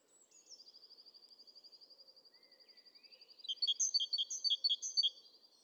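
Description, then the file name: Great tit giving a quick series of loud, ringing alternating chirps, after a thin, steady high trill of evenly repeated notes lasting about three seconds. "Parus major"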